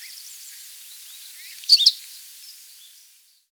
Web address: Humes Leaf Warbler Call